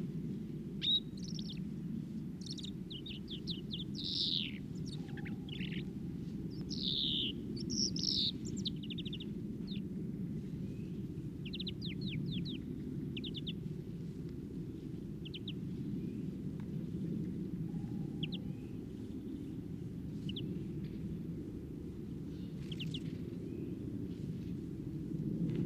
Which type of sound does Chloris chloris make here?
song